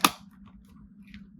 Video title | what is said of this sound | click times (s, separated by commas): Playmates Toys Combinable Thunderzords Review - Mighty Morphin Power Rangers Re-Ignition Season 2 | nice click that you're wanting, we can go ahead and put | 0.0 s